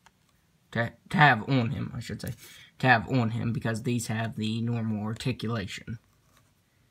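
A plastic swap hand is handled against the wrist peg of a Marvel Legends ANAD Iron Man action figure, a plastic ball/tab joint, while someone talks throughout. Nothing has seated or clicked yet; the hand is not yet home when the clip ends.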